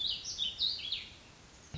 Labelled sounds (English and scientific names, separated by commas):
Warbling Vireo (Vireo gilvus)